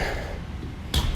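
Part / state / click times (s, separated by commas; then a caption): metal foot of an RV furniture panel into its floor connection / seated / 0.9 s. On a 2022 Forest River XLR Boost 35DSX11, the release button on the other side is pressed and the piece slides out. Its second metal foot is then pushed into the floor connection below, and it clicks into place with a sharp snap at 0.9 seconds. The metal foot is seated.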